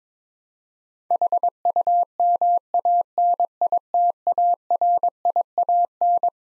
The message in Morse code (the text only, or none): HUMANITARIAN